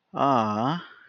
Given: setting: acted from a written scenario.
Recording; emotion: vocal sound without words; adoration